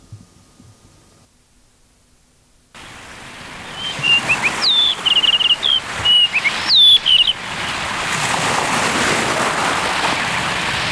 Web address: sikioto. isohiyodori